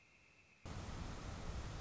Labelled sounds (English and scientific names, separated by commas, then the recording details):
Northern Flicker (Colaptes auratus)
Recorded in Sonoma County, California